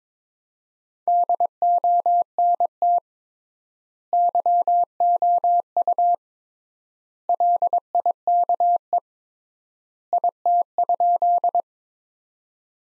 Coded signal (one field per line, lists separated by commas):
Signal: Morse code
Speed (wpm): 22 wpm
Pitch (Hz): 700 Hz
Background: none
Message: DONT YOU LIKE IT?